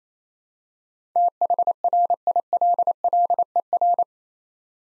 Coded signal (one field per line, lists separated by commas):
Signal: Morse code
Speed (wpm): 28 wpm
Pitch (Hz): 700 Hz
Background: none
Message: THRILLER